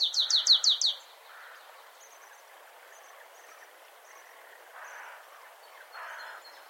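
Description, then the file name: Marsh tit with a short burst of five rapid, high chipping notes at the start, then faint high peeps and soft background noise. "Poecile palustris"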